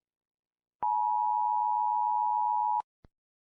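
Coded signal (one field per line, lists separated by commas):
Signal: Emergency Alert System (SAME) tones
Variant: 853 and 960 Hz attention tone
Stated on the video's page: Fictional EAS scenario about a creature; simulated alert.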